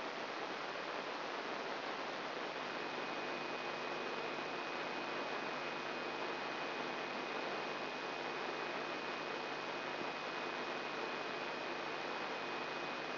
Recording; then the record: brain microelectrode recording played as sound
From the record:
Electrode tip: inside the subthalamic nucleus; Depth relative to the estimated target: 0 mm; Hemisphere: right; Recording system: AlphaMap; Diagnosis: Parkinson's disease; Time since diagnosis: 24 years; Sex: female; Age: 57 years